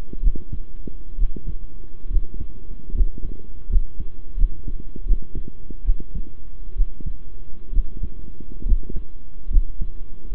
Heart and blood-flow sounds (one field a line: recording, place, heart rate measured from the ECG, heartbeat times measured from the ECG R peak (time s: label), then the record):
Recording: heart sounds by stethoscope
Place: between the tricuspid and mitral areas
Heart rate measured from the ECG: 71 bpm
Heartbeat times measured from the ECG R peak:
0.22 s: heartbeat
1.18 s: heartbeat
2.10 s: heartbeat
2.94 s: heartbeat
3.69 s: heartbeat
4.37 s: heartbeat
5.05 s: heartbeat
5.84 s: heartbeat
6.75 s: heartbeat
7.72 s: heartbeat
8.65 s: heartbeat
9.50 s: heartbeat
10.31 s: heartbeat
From the record:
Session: rest, sitting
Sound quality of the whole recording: good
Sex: male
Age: 23 years